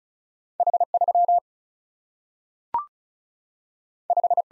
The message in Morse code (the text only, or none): H3 5